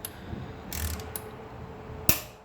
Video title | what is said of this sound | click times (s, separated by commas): Remplacer les plaquettes de frein avant AUDI RS3 8V TTRS | qu'on entend claque c'est bon | 2.1 s